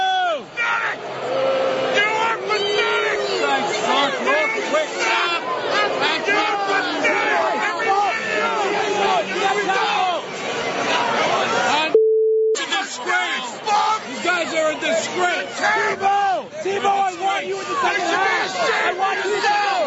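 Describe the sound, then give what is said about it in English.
A loud stadium crowd of Jets fans yells and jeers continuously at their team as it goes to the tunnel at halftime, overlapping shouts forming a dense roar of voices. Partway through, a brief steady tone cuts in during a short gap before the yelling resumes. “Here are the Jets fans yelling at their team as they go to the tunnel at halftime.”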